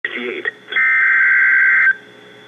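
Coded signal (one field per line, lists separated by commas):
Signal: Emergency Alert System (SAME) tones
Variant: header bursts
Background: speech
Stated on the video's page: Severe thunderstorm warning broadcast on NOAA weather radio station KEC56.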